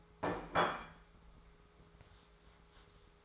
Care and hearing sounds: daily activity, microphone in the room; place plate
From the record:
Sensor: 3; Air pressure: 1015.0 hPa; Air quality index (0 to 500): 209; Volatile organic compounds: 35 ppm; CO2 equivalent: 3058 ppm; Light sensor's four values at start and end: 34/84/36/39 and 35/84/37/39

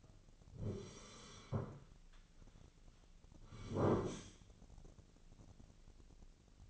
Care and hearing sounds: daily activity, microphone in the room; sit down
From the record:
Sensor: 4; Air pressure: 1010.0 hPa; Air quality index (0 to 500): 197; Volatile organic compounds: 3 ppm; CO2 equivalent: 1414 ppm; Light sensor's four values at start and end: 37/90/37/40 and 37/91/38/40

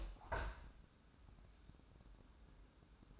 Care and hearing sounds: daily activity, microphone in the room; open window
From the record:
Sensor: 2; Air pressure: 1000.3 hPa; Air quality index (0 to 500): 132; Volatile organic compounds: 2 ppm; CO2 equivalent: 1101 ppm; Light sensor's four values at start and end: 11/31/12/14 and 12/32/13/15

